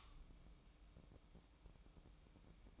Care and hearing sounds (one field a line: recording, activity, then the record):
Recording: daily activity, microphone in the room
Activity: light on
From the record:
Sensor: 1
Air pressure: 1008.0 hPa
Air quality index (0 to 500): 123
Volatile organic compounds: 2 ppm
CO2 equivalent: 1042 ppm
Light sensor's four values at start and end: 9/20/8/9 and 18/53/21/22